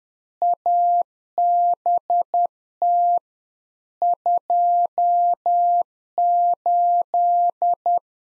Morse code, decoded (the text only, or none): ABT 28